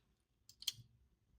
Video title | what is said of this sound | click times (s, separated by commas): Why this Mercedes CLK-GTR from PopRace is probably the best casting to end off 2024! | that click, that's the magnets, right? | 0.7 s